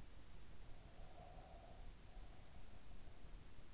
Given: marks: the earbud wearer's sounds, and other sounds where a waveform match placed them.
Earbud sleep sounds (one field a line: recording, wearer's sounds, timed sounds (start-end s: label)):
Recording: sounds in sleep by an in-ear microphone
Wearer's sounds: breath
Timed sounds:
0.56-3.67 s: breath